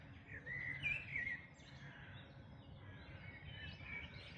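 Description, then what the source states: Birds singing, a clear whistled phrase near the start followed by softer overlapping chirps and warbles from several birds, over low background noise. Dawn chorus recorded in May 2026.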